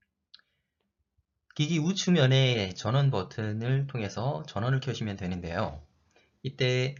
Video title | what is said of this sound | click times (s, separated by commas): 코인 털리기 싫다면 필수! 키스톤3프로 초기세팅 4단계 (1.펌웨어 업데이트 편) | 어, SD 카드를 어, 손가락으로 깊게 눌러서 딸깍 소리가 날 때까지이 삽입을 해 주시면 되겠습니다. | 0.3 s